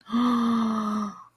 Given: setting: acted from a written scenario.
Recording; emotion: vocal sound without words; awe